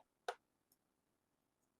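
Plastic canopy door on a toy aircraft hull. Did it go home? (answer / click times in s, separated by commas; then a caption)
partly / 0.3 s. A replacement plastic gullwing canopy is pressed onto the hull of a toy jet so its tabs seat and it closes, giving one sharp click at 0.3 s, followed by a faint tick near 0.7 s and quiet. The canopy is only partly seated: its left side is not all the way in.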